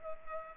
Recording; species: mosquito wingbeat signal from an infrared sensor; Culex pipiens